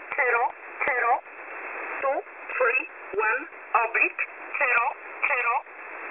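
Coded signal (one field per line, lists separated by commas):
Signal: numbers station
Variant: E11 Oblique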